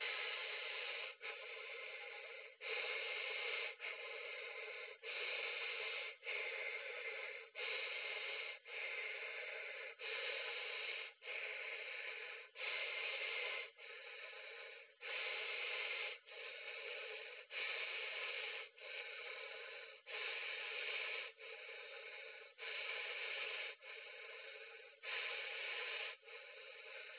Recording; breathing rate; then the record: paced breathing near a phone; 24 breaths a minute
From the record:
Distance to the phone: 20 cm